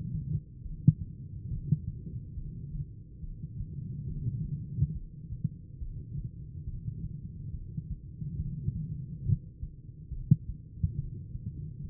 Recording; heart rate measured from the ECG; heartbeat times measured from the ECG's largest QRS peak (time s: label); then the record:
heart sounds by stethoscope; 70 bpm
0.61 s: heartbeat
1.47 s: heartbeat
2.33 s: heartbeat
3.19 s: heartbeat
4.06 s: heartbeat
4.91 s: heartbeat
5.77 s: heartbeat
6.64 s: heartbeat
7.50 s: heartbeat
8.36 s: heartbeat
9.22 s: heartbeat
10.08 s: heartbeat
10.94 s: heartbeat
11.80 s: heartbeat
From the record:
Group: heart failure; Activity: rest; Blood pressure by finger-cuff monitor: 156/62 mmHg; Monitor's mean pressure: 103 mmHg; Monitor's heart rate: 70 bpm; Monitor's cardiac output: 12.4 L/min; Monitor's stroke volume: 179 mL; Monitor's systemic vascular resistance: 610 dyn s/cm5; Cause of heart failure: idiopathic cardiomyopathy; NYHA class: 2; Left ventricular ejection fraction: 51%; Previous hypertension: present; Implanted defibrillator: present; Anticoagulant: apixaban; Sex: female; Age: 61 years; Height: 163 cm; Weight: 111 kg